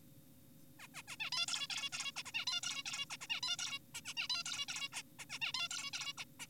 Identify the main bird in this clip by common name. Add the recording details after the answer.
Zebra Finch. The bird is an adult. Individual g4p5U